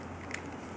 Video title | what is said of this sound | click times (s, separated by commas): advanblack Lower Fairing LED light and Ram Air Vent | Push it in, listen for that click, give it a little pull. | 0.3 s